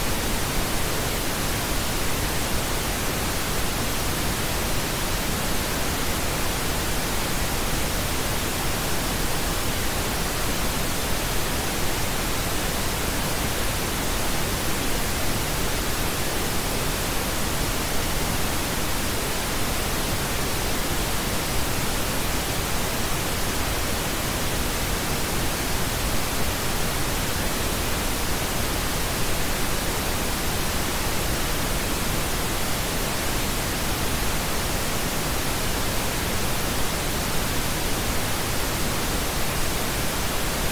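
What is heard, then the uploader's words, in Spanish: Pink noise runs unbroken for the whole clip, a dense, even hiss with no events or pauses. Its weight sits slightly toward the low end, softer and less sharp than white noise, and the loudness stays flat from start to finish. Ruido Rosa.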